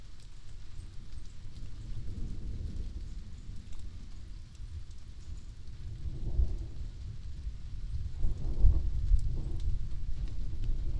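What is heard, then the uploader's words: Rain falls steadily with a low, constant rumble underneath, as thunder rolls on in the distance. The rumble swells around six seconds and again near eight to nine seconds, with a few sharper knocks, before settling back to steady rain. This episode was recorded in Wyangala, NSW in December 2021. We're setup at a covered picnic table and the rain has just set in. This recording was made with a Binaural Enthusiast dummy head, and processed with just a little reduction in the high mid-range.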